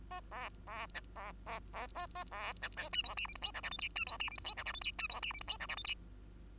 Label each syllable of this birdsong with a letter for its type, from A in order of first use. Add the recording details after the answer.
A B B C B B B A A B C D E F G H I J K L M N E F G H I J K L M N E F G H I J K L M N. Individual Bird2